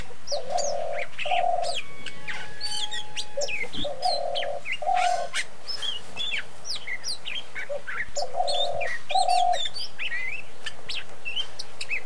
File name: Magpie robin